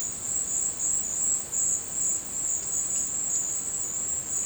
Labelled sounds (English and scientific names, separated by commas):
none